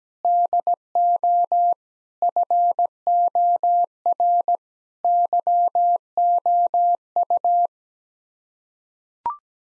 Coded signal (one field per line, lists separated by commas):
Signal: Morse code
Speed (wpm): 17 wpm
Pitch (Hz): 700 Hz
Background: none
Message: DO FOR YOU